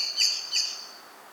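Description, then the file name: Common blackbird giving two sharp, metallic chink notes about a third of a second apart, then quiet. "Turdus merula"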